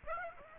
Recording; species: mosquito wingbeat signal from an infrared sensor; Aedes aegypti